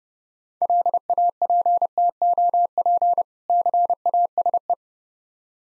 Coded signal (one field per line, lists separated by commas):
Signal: Morse code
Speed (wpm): 30 wpm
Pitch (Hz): 700 Hz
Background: none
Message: LAPTOP CASE